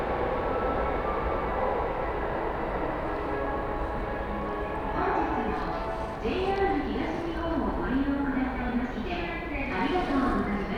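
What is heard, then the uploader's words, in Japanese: A train ride on the Utsunomiya Line, with a steady low rumble of the carriage running underneath throughout. Voices of passengers talking come in from about five seconds on, rising and falling over the rolling noise until the end. 鉄道旅 宇都宮線 浦和→古河。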